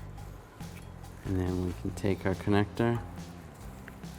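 Someone talks while an electrical wiring connector is pushed onto its mating socket on the component. A single sharp, short click is heard at 3.9 s as the connector locks in, seated.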